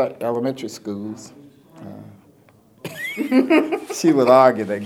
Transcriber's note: laughter